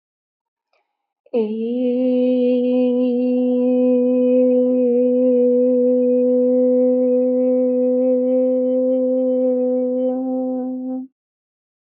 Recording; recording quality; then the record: sustained vowel as in made; excellent, no background noise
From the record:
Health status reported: healthy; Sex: female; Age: 28 years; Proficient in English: yes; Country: India